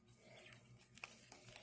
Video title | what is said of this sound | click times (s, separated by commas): How to change a watch battery no name watch never pay full price for this junk! thrift store find | that's it once you hear this thing snap back on that's it that's it it's done it's on there so | 1.0 s